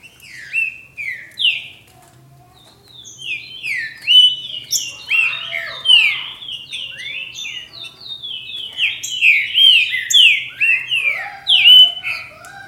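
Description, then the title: Green-winged saltator song: a long, rambling stream of rapid downslurred whistles that grows denser and louder, with thin high chips mixed in. "Trinca Ferro"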